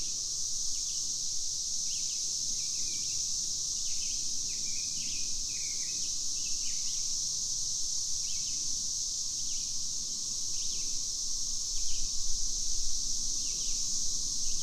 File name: Cicadas Plus Birds Little Grand Jun 2015